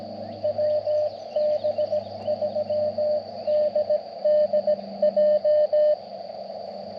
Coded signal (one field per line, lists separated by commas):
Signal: Morse code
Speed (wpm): 19 wpm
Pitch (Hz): 590 Hz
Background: none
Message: WB3DDJ